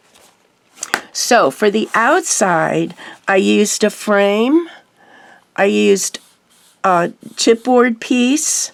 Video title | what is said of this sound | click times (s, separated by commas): Nature Study - Mini album | still have enough grab to hold your page shut you can hear the click so | 0.8 s, 0.9 s